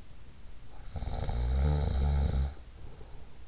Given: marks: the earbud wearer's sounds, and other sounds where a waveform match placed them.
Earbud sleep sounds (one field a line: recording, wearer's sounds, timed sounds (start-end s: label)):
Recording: sounds in sleep by an in-ear microphone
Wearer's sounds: snoring breath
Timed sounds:
0.94-3.43 s: snoring breath